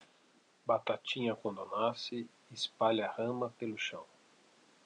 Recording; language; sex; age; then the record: short text; Brazilian Portuguese; male; 40 to 49 years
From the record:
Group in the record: control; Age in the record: 46 years